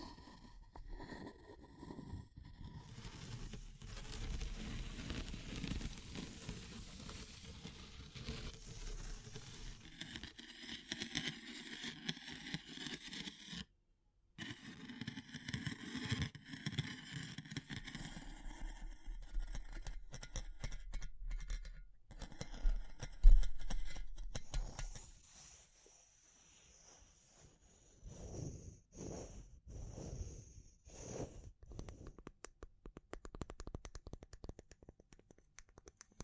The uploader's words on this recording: ASMR Relaxing Natural Triggers Wood, Bamboo and Straw (No Talking).